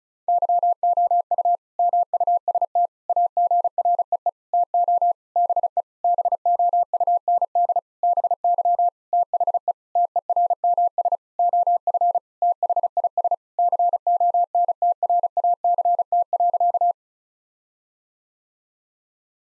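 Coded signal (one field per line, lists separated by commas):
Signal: Morse code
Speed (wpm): 36 wpm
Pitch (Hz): 700 Hz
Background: none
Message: YOU MUST AGREE TO BE BOUND BY THE TERMS OF THIS CONTRACT.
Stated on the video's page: Morse practice at 35 wpm of sentences containing common nine-word phrases, each sentence sent twice.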